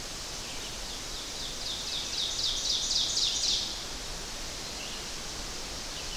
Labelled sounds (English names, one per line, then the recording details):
Ovenbird song
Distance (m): 35 m
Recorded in boreal forest in Alberta, Canada, on 12 June 2016 at 06:53
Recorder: SongMeter 3, array SBT-3-18
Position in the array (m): 245 m, 95 m
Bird 31